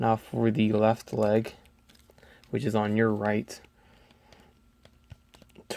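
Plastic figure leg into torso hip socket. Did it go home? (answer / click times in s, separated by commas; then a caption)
yes / 5.7 s. Someone talks while the left leg of a plastic Marvel Legends Titus build-a-figure is twisted and pushed into the hip socket on the torso, with light plastic handling clicks in between. The leg seats with a sharp click at 5.7 s.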